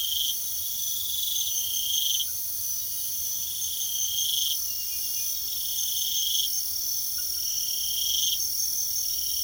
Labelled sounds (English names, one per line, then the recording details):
none
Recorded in pastures near Puerto Asís, Putumayo, Colombia, on 9 March 2025 at 03:30
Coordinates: 0.497, -76.327
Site G072